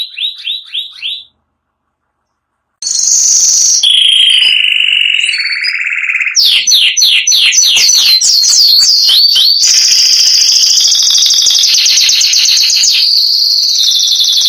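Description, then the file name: Canary song: a few quick descending notes, a short silence, then varied rolling trills and bursts of rapid descending whistles, ending in a long high trill. "canto do canario giboso espanhol"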